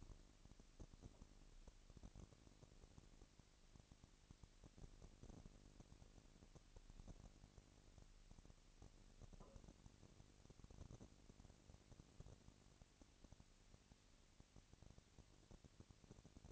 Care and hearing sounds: daily activity, microphone in the room; no activity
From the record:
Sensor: 4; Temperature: 22.5 degrees Celsius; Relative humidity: 33.3%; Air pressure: 999.6 hPa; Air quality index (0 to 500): 231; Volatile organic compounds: 21 ppm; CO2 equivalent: 2707 ppm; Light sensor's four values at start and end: 2/3/1/1 and 2/3/1/1

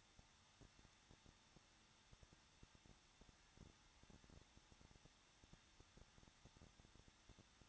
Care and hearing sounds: daily activity, microphone in the room; no activity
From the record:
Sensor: 3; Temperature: 21.2 degrees Celsius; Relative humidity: 36.3%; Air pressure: 1006.3 hPa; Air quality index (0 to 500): 223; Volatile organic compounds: 42 ppm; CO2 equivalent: 3184 ppm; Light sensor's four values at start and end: 2/3/2/2 and 2/3/2/2

